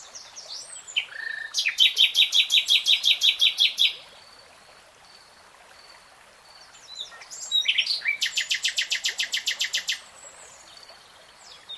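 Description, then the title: Nightingale singing two long phrases, each a swift series of sharp, repeated clicking notes lasting about two to three seconds, separated by a quiet pause. Nightingale singing in real time. "[Tiếng chim hót] 3 Hours REALTIME Nightingale Singing"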